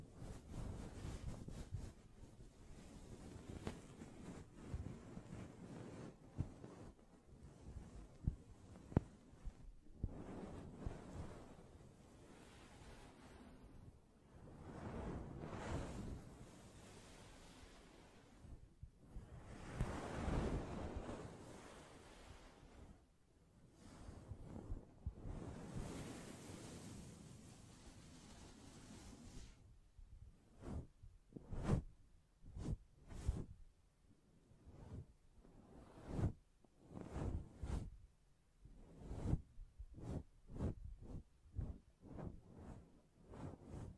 Tapping, Scratching, Mic Brushing, Hand Sounds